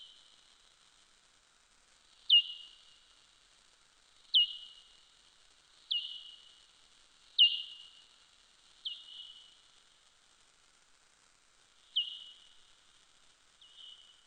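Soprano pipistrelle calls: sharp, high, downward-sweeping clicks with trailing tails, repeated about every one and a half to two seconds with one gap of about three seconds, several in all, against near silence.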